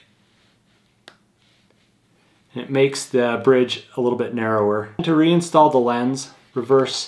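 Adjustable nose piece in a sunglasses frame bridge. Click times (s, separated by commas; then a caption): 1.1 s. The adjustable plastic nose piece in the bridge of a pair of Smith Optics sunglasses is rotated into its narrower setting. It clicks into place with one sharp click at 1.1 s, which makes the bridge a little narrower. After a brief quiet, someone talks.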